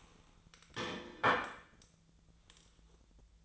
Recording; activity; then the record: daily activity, microphone in the room; place plate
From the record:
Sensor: 3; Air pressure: 1009.4 hPa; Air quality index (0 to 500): 197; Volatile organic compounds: 16 ppm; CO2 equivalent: 2558 ppm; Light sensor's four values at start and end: 34/84/36/38 and 34/85/36/39